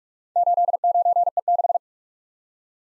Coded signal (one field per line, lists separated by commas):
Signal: Morse code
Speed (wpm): 44 wpm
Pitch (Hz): 700 Hz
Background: none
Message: 89E6